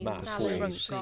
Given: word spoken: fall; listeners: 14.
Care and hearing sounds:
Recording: one English word in noise, from a listening test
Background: four-talker babble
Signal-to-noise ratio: -2.4 dB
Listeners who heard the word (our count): 0 of 14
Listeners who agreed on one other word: 7 of 14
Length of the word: 0.62 s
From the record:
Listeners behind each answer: 7, 3, 1, 1, 1, 1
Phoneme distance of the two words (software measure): 30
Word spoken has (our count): 1 syllable, 3 phonemes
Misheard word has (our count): 1 syllable, 3 phonemes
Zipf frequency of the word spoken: 5.01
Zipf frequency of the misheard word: 4.53

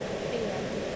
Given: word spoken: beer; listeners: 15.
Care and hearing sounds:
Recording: one English word in noise, from a listening test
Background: speech-shaped noise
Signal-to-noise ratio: -4.2 dB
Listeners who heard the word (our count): 1 of 15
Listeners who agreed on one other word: 7 of 15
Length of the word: 0.56 s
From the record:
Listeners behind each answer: 7, 2, 2, 1, 1, 1, 1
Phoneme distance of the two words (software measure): 10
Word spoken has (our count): 1 syllable, 2 phonemes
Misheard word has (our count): 1 syllable, 2 phonemes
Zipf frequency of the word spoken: 4.47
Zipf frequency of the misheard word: 4.84

